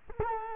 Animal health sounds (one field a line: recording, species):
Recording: mosquito wingbeat signal from an infrared sensor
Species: Culex quinquefasciatus